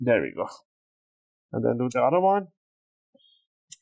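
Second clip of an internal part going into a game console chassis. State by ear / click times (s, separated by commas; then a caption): seated / 3.7 s. Someone talks, then the second clip of an internal part is pressed into an Xbox Series S console chassis. It snaps into place with a short, sharp click at 3.7 s, so it is seated.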